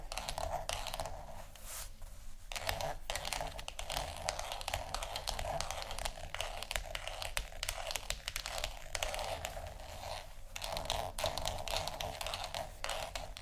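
Scratchy tapping runs throughout, a dense, uneven stream of quick clicks and scrapes with a bright, crisp edge. A low hum sits underneath. Brief lulls come around two and ten seconds before the busy tapping resumes.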